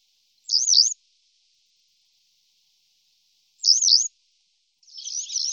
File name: konipas-luční